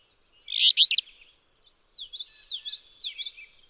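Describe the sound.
Alder flycatcher song: one harsh, burry phrase, then a softer run of quick slurred whistled notes from another bird.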